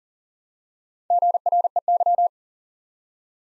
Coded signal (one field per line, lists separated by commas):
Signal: Morse code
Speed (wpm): 40 wpm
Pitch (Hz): 700 Hz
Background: none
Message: GREY